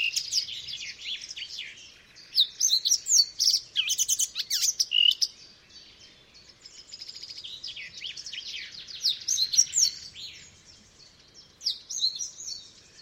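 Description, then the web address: Eurasian blackcap song: bursts of rich, fast, scratchy warbling with clear fluty notes, given in phrases of a few seconds separated by quieter chatter. "chant didier collin fauvette a tete noire"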